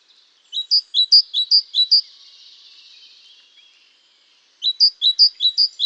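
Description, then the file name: Great tit song: a strophe of four quick two-part notes, a pause of over two seconds, then another similar see-saw strophe begins. "Parus major"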